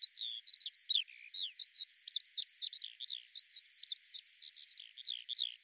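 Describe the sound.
Eurasian skylark singing a fast, jumbled warble of sharp chirps and quick up-and-down slurs, pouring out continuously without a break.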